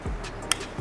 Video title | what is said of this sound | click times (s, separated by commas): REVIEW CANON 808 & 802 Senapan Uklik 1 Jutaan Terbaik di Kelasnya❓ | Nah, sampai bunyi klik. | 0.5 s